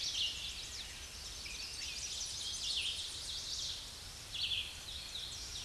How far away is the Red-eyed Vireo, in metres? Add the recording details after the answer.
about 30 m. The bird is about 10 m above the microphone. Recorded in a Pennsylvania forest on 16 May 2024 at 07:15. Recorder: AudioMoth, point MSD-2095. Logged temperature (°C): 16.3 °C. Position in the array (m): 167 m, 71 m